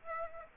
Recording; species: mosquito wingbeat signal from an infrared sensor; Aedes aegypti